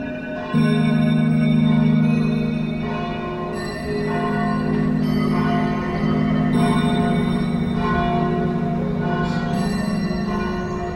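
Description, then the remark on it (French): Abbey church bells ring continuously in overlapping peals, a rich sustained wash of low humming tones with bright metallic overtones, steady and fairly loud throughout with no voices. “On dit que parfois les cloches servaient peut-être à indiquer une direction aux pèlerins qui passaient par les sables et la baie.”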